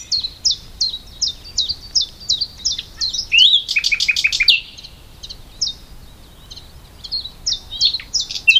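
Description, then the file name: Common nightingale delivering a string of evenly repeated downslurred notes, then a loud burst of sharp clicking notes, followed by quieter scattered chirps and a final brisk phrase. "Luscinia megarhynchos"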